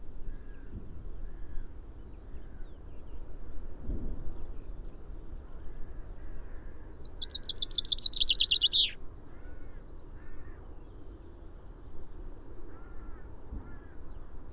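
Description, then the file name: Common chaffinch delivering one descending, rattling song phrase with a final flourish, while another bird repeats soft short mid-pitched notes throughout and low rumbling noise continues. "Fringilla coelebs"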